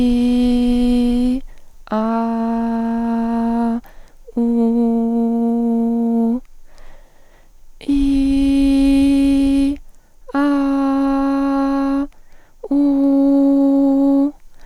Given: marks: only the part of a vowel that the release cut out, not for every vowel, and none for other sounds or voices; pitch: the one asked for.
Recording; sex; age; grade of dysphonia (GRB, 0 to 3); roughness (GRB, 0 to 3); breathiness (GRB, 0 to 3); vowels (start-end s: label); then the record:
sustained vowels; female; 30 to 39 years; 1; 1; 0
0.00-1.32 s: vowel /i/, normal pitch
2.01-3.68 s: vowel /a/, normal pitch
4.43-6.27 s: vowel /u/, normal pitch
8.00-9.66 s: vowel /i/, high pitch
10.44-11.99 s: vowel /a/, high pitch
12.74-14.24 s: vowel /u/, high pitch
From the record:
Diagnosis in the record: phonasthenia (vocal fatigue); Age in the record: 36 years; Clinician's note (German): Mit habitueller Mikrophonie